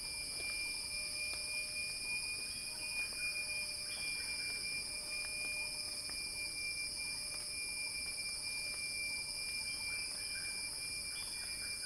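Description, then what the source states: Massed cicadas give a continuous high, sizzling buzz, steady throughout, with soft clicks and faint chirps scattered beneath it. Cicada song building in a crescendo, recorded by Axel Drioli for Earth.fm's Sounding Wild.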